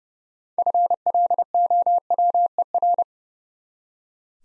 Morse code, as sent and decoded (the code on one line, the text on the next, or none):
..-. .-.. --- .-- . .-.
FLOWER